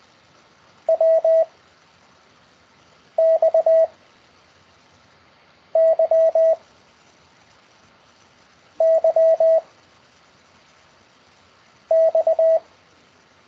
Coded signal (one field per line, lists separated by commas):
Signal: Morse code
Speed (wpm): 20 wpm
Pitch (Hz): 650 Hz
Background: none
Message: W X Y Y X